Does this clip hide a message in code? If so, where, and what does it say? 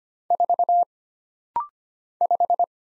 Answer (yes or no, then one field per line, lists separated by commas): yes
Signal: Morse code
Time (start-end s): 0.3-2.6 s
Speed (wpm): 25 wpm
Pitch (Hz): 700 Hz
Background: none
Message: 4 5